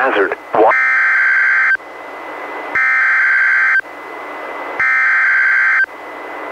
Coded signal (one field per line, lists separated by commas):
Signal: Emergency Alert System (SAME) tones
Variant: header bursts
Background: speech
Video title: EAS #566-576: NWR and EAS 2 SVRs and 7 SMWs- Oct. 24, 2021